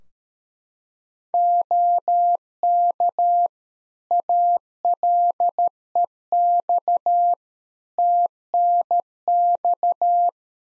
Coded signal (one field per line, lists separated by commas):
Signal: Morse code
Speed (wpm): 13 wpm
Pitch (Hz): 700 Hz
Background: none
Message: OK ALEX TNX